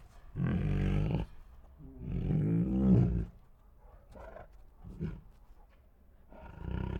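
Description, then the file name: Tiger moaning growls, a loud drawn-out rumble, another long throaty moan after a pause, then short quieter grunts and a final growl. Two tigers making grumbly growls and moans. "Two Tigers Make Grumbly Growls and Moans [Sound Ideas]"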